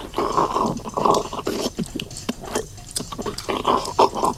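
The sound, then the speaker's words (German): Loud, wet smacking and chewing of someone eating frog legs, with irregular moist clicks and squelches repeating steadily throughout and no talking. “Schmatz doch nicht so”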